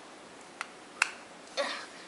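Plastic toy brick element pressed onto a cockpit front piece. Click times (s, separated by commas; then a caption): 0.6 s, 1.0 s. A plastic building-brick element is pushed down onto the cockpit front of a toy submarine model, giving small sharp clicks at 0.6 s and 1.0 s, followed by a brief softer rustle near 1.6 s. The piece seats, held only by friction between the brick and the cockpit front rather than by anything to click onto, which is what makes the click-like sound.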